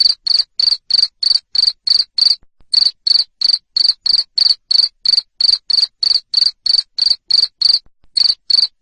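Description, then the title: Cricket calling with rapid, loud, shrill chirps at a regular pace of roughly three a second, pausing briefly twice. Loud cricket chirping (ngerik) to stimulate lovebirds into continuous singing (ngekek). "Suara JANGKRIK NGERIK Keras Bikin LOVEBIRD Jadi NGEKEK Terus Vubey"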